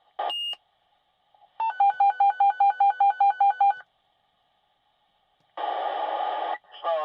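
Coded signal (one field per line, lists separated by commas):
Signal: pager alert tone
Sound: a short beep, then about eleven quick warbling two-tone beeps, then a harsh noisy burst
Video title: Fire Department Dispatch Pager - Sound effect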